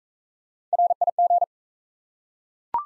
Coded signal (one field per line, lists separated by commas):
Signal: Morse code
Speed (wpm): 39 wpm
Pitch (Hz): 700 Hz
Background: none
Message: RIG